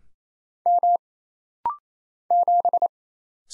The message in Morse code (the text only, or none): M 7